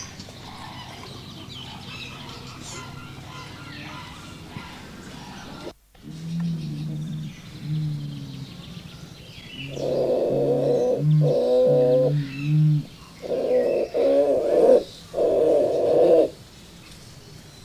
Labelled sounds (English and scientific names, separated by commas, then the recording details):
Bare-faced Curassow (Crax fasciolata) call
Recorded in captivity
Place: Vogelpark Walsrode, Niedersachsen, DE
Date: 1986-07-09
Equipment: Halbspur, 9,5 cm/s
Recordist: Lütgens, Hans
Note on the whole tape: Dunkler mit dunklen Lauten, Grauer mit rauen Lauten